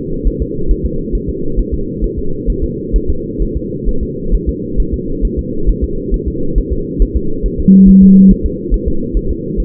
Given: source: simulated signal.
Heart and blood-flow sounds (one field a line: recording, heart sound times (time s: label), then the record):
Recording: fetal heart sounds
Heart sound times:
0.28 s: S1
0.42 s: S2
0.71 s: S1
0.86 s: S2
1.15 s: S1
1.30 s: S2
1.60 s: S1
1.74 s: S2
2.04 s: S1
2.19 s: S2
2.50 s: S1
2.64 s: S2
2.96 s: S1
3.10 s: S2
3.42 s: S1
3.57 s: S2
3.89 s: S1
4.03 s: S2
4.35 s: S1
4.49 s: S2
4.80 s: S1
4.94 s: S2
5.25 s: S1
5.39 s: S2
5.70 s: S1
5.84 s: S2
6.14 s: S1
6.28 s: S2
6.58 s: S1
6.73 s: S2
7.02 s: S1
7.17 s: S2
7.46 s: S1
7.60 s: S2
7.89 s: S1
8.03 s: S2
8.31 s: S1
8.46 s: S2
8.74 s: S1
8.88 s: S2
9.17 s: S1
9.31 s: S2
9.60 s: S1
From the record:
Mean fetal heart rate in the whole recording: 135 bpm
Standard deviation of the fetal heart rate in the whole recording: 3 bpm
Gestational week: 36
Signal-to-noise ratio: -8.1 dB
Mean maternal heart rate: 72 bpm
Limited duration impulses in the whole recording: present